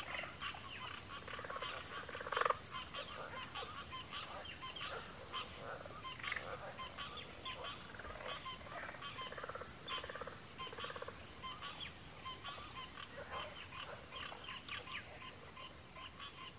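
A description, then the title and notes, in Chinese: Birdsong at dusk: many short chirps and calls scatter through the whole stretch, some crisp. Behind them a steady, piercing insect drone, cricket-like, holds without a break at a high pitch, with a fainter even higher tone above it. 大自然的声音-暮光鸟鸣2。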